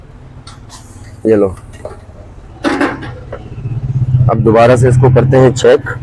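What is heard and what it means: During a gear oil change on a Honda hybrid car, a plastic cover lid is pushed toward the back and pressed down onto its housing in the engine bay. It clicks into place with a sharp tap at 0.5 s, and the lid is seated. Someone talks over a low steady hum.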